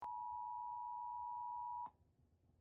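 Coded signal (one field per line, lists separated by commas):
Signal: Emergency Alert System (SAME) tones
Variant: 853 and 960 Hz attention tone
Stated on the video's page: Mock EAS weather alert, though the tones are stated to be valid EAS tones.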